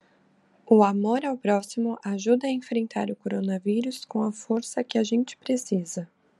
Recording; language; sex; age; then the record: spoken sentence; Brazilian Portuguese; female; 20 to 29 years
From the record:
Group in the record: control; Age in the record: 28 years